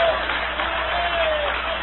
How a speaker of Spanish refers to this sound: Dale un aplauso lo más fuerte que puedas al Cordero de Dios.